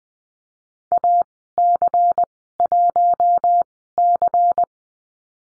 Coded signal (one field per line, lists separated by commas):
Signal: Morse code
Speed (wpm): 20 wpm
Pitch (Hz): 700 Hz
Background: none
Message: AC1C